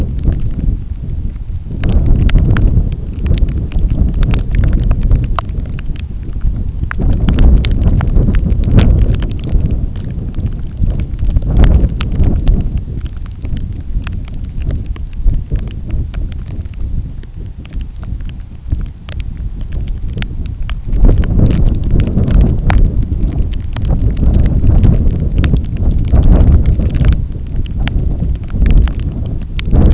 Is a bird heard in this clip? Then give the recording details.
no. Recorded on Arctic tundra, site NAIT-1, on 27 June 2019. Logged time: 00:00